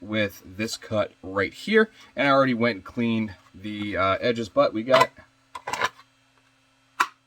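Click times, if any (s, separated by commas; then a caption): 7.0 s. Someone talks, then there are a few quick handling ticks around 5.6–5.7 s. At 7.0 s a pistol with a weapon light is pushed into a freshly formed two-piece kydex-style pancake holster and snaps past the molded retention point with a sharp click, seating in place.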